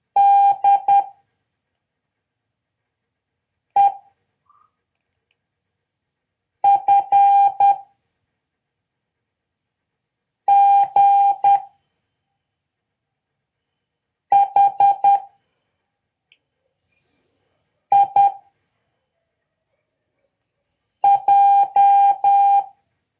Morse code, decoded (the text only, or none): D E F G H I J